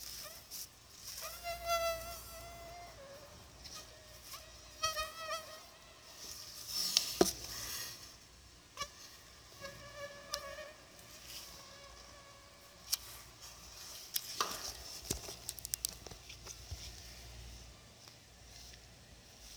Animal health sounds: mosquito flight sound by mobile phone; Anopheles arabiensis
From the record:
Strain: Dongola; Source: CDC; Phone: Sony Xperia

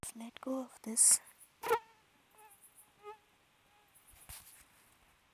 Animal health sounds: mosquito flight sound by mobile phone; Aedes sierrensis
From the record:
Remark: free flight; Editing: field recording with all noises

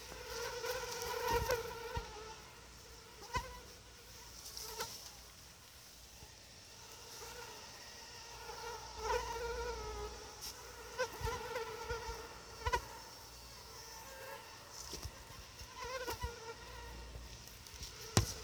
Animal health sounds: mosquito flight sound by mobile phone; Anopheles quadriannulatus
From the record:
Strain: SANQUA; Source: CDC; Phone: Sony Xperia

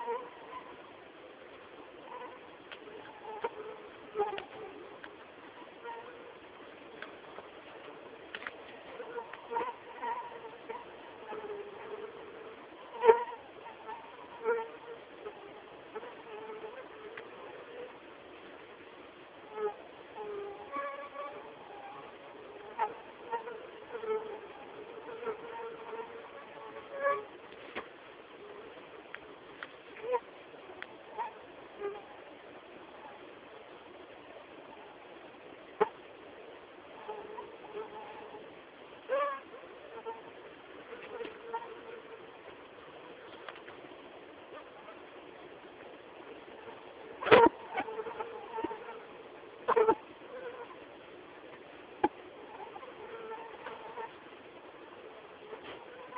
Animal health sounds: mosquito flight sound by mobile phone; Anopheles quadriannulatus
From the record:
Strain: SANQUA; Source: CDC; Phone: Samsung T209

